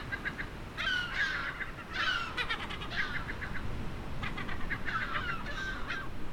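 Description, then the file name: Gulls giving falling mewing cries together with bursts of rapid clipped notes, several birds overlapping, over low steady rumbling noise. "STC moewen"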